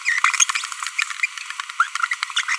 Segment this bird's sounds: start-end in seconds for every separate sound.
2.11-2.14, 2.36-2.41, 2.48-2.55